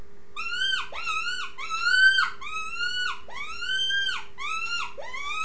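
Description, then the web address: Rabbit squealing, a continuous run of arched cries, each dropping at the end, repeated in quick succession above a steady hum. "wild-game-downloads rabbits"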